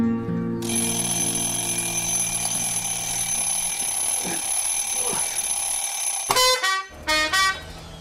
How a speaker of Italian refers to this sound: La sveglia suonò alle 6 di mattina.